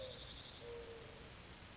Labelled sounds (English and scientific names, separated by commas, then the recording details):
Mourning Dove (Zenaida macroura)
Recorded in Sonoma County, California